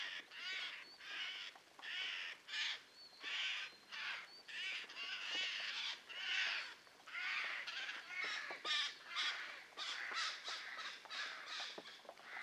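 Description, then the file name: Eurasian jay giving harsh, rasping screeches, repeated in quick bursts throughout with short pauses between them, no other clear sounds. "Garrulus glandarius"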